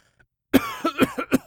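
A loud opening cough followed by four quicker, weaker cough bursts in about one second, with a harsh, throaty quality, from a sick adult man coughing, acted as a sound effect.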